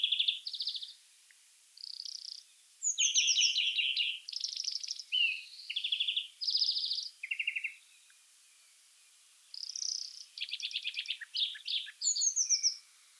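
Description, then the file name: European greenfinch giving a long run of fast, dry trills and twitters, shifting pitch between bursts, with a brief silent gap midway before the trilling resumes. "Chloris chloris"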